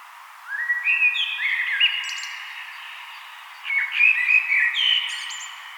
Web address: SETE Turdus merula